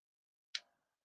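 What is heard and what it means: A small catch is pressed on a vintage metal compact case, and the lid's clasp releases with a single sharp, bright click at 0.6 s that quickly decays. The compact case lid clasp clicks open and the lid is released.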